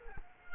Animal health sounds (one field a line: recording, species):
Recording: mosquito wingbeat signal from an infrared sensor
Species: Culex quinquefasciatus